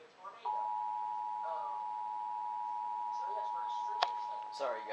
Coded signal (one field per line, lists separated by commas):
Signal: Emergency Alert System (SAME) tones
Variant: 853 and 960 Hz attention tone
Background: speech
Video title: EAS #58 - Severe Thunderstorm Warning 6/29/14